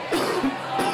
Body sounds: coughing mixed with background sound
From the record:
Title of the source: Coughing 77

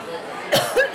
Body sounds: coughing mixed with background sound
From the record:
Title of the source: Coughing Woman Sound - Woman Cough Sound Effect

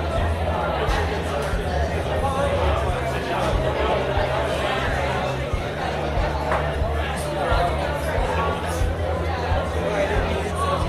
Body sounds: background sound without coughing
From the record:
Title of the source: CITY SOUNDS Busy Bar in the Evening Night - 2 HOURS of Ambiance for Relaxation

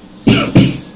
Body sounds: coughing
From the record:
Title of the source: Spring Cold Coughing.

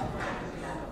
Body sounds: background sound without coughing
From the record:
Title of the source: 60 minutes of coffee shop sounds for study and concentration

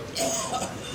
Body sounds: coughing mixed with background sound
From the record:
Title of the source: Residual Phlegmy Morning Coughing and Gagging

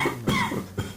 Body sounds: coughing mixed with background sound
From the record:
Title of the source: Mid-morning Winter Coughing Fit

